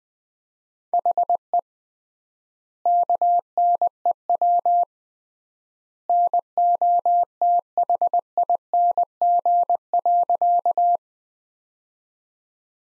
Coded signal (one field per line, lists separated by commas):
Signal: Morse code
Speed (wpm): 21 wpm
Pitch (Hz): 700 Hz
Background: none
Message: HE KNEW NOTHING.